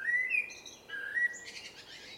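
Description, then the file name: Eurasian blackbird gives two brief fluted whistles, then a quick, scratchy high twitter. "Turdus merula"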